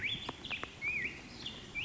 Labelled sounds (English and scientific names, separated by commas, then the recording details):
Black-headed Grosbeak (Pheucticus melanocephalus)
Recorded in Sonoma County, California